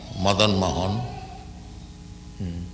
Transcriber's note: baby making noise